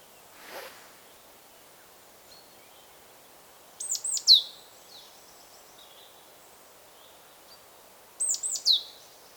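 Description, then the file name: Great tit calling in two brief clusters of high, down-slurred notes, roughly four seconds apart, with a faint soft sound near the start and quiet surroundings. "Parus major"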